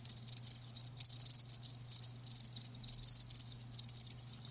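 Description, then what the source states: Cricket chirping, high trilled bursts in clustered groups with short pauses, over a low constant hum. Live crickets chirping.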